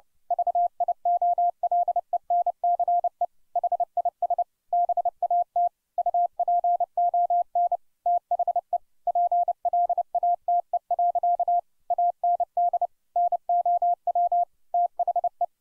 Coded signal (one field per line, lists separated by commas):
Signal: Morse code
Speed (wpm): 30 wpm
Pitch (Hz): 700 Hz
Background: none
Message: VIOLENCE HIS BAT UPON THE PLATE. AND NOW THE